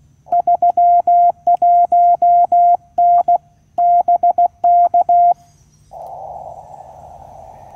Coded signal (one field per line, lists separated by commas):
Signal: Morse code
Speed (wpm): 16 wpm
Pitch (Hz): 700 Hz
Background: none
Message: 31N BK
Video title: Unsuccessful SOTA activation due to QSB and rain - QRP CW using QCX-mini - Mt Elliot (VK2/HU-093)